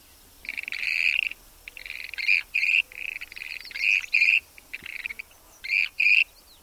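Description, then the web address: Western grebe calls: harsh, grating, rattled notes, often in doubled pairs, repeated irregularly throughout over faint background hiss. "Thumbs Plus Zoo Field Guide"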